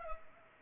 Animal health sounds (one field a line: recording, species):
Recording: mosquito wingbeat signal from an infrared sensor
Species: Culex pipiens